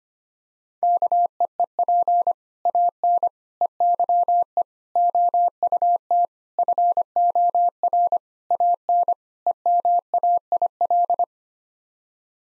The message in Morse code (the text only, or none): KEEP AN EYE OUT FOR AN EMAIL